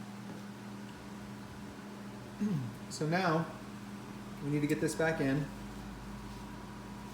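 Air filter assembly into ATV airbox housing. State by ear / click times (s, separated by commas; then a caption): not seated / none. On a 2014 Honda Recon TRX250TE ATV, a new foam air filter assembly is lined up and worked by hand back into the airbox housing, without forcing it. Someone talks over a steady low hum. Nothing has seated or clicked yet.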